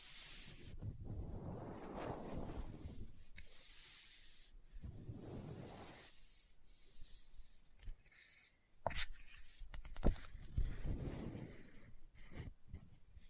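Scratching and rubbing on a book come in soft, swelling passes of about a second or two, with brief quiet gaps between. A few sharp taps or page flicks cut through, notably near the middle and around ten seconds, where it briefly gets louder.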